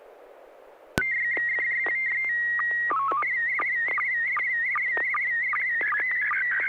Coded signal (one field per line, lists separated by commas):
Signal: SSTV (slow-scan television)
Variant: PD 50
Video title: N6NA SSTV Net - 02/03/2021